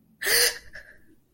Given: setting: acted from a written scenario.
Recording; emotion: vocal sound without words; negative surprise